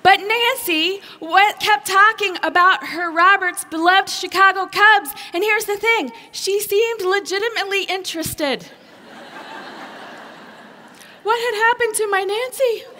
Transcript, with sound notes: But Nancy just kept talking about her Robert’s love for the Chicago Cubs. And here’s the thing: she seemed legitimately interested! (laughter) What had happened to my Nancy?